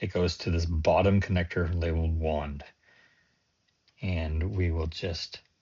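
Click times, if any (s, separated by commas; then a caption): none. A two-pin JST wand connector is handled near the bottom header labeled wand on a control board. Someone talks, then during a pause two faint clicks are heard at about 3.7 and 3.9 seconds. Nothing has seated or clicked into place yet.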